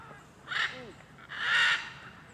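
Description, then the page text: Blue-and-yellow macaw giving two loud, harsh, raspy squawks about a second apart. Many macaws calling on a street in Alto Paraíso, Goiás, Cerrado, Brazil. "Rua em Alto Paraiso com muitas araras cantando e carros passando. Arquivo de Arara-canindé - Coleção Sonora do Cerrado"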